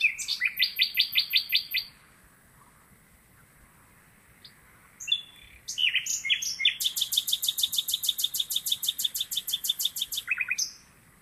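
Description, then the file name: Common nightingale song: a fast pulsed trill, a pause, then mixed sharp notes leading into a long, even trill of rapidly repeated notes lasting over three seconds. "Luscinia megarhynchos"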